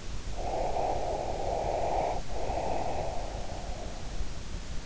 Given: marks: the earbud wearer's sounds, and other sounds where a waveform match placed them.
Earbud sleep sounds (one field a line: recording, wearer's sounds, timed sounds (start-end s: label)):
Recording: sounds in sleep by an in-ear microphone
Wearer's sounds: breath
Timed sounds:
0.29-4.39 s: breath